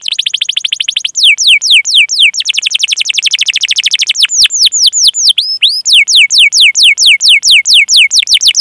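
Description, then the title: Domestic canary singing rapid rolling trills that shift into a long series of loud, sharply falling whistled notes. Lively singing canary with the best song phrasing (cengkok) and most luxurious fills. "Kenari Gacor Cengkok Terbaik Isian Paling Mewah"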